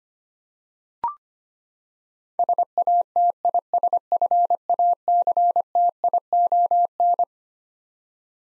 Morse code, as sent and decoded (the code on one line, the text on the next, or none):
... .- - .. ... ..-. .- -.-. - .. --- -.
SATISFACTION